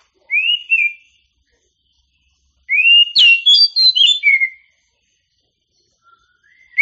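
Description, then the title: Oriental magpie-robin singing a short rising whistle, then after a pause a longer phrase of clear rising and falling whistled notes, with another phrase beginning at the end. A champion singing bird. "Kicau Burung Kacer Juara"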